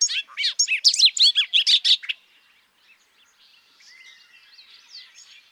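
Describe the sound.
Bobolink song, a fast two-second burst of bubbly, metallic notes jumping widely in pitch, followed by quieter twittering.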